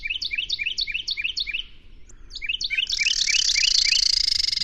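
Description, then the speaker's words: Carolina Wren song: a male repeats a rolling two-note phrase several times, then a harsh, buzzy chatter from a second bird overlaps his continuing phrases. Male singing, eventually joined by a calling female; repetitive two- or three-note song. "If you're not sure what they sound like, check out this singing male who is eventually joined by a calling female."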